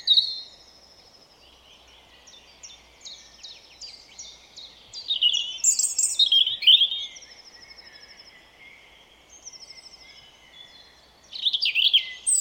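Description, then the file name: European robin song: thin, high, varied warbling phrases with quieter twittering between, louder bursts around the middle and near the end. "Erithacus rubecula"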